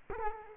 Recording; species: mosquito wingbeat signal from an infrared sensor; Culex quinquefasciatus